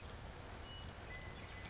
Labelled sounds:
Western Meadowlark
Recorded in Sonoma County, California

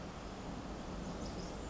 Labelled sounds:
Pacific Wren
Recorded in Sonoma County, California

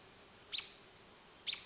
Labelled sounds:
American Robin
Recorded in Sonoma County, California

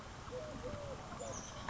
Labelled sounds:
Eurasian Collared Dove
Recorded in Sonoma County, California

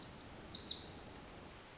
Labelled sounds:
Pacific Wren
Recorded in Sonoma County, California

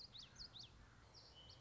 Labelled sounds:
Common Yellowthroat
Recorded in Sonoma County, California

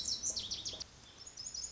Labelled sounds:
Lazuli Bunting
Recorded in Sonoma County, California

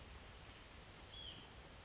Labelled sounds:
Hutton's Vireo
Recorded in Sonoma County, California

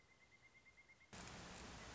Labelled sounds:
Pileated Woodpecker
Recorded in Sonoma County, California

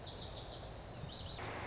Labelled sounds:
Lazuli Bunting
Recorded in Sonoma County, California

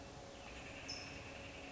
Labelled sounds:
California Towhee
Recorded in Sonoma County, California

